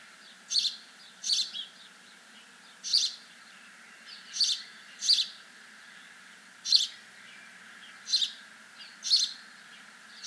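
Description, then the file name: House sparrow repeating about nine brief, scratchy chirps, sometimes doubled, at irregular intervals, with a continuous high background hiss. "Passer domesticus"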